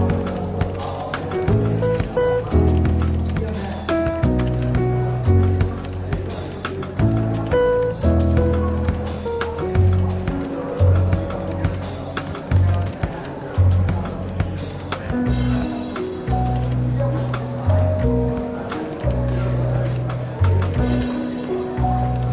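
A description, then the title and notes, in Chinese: A London bookshop café with a light murmur of chatter over soft, relaxed jazz playing in the background. The music moves steadily with a warm, low bass line and mellow tones, while clinks and small sharp sounds pop up frequently throughout. 伦敦书店咖啡馆轻微喧闹氛围与柔和轻松的爵士背景音乐。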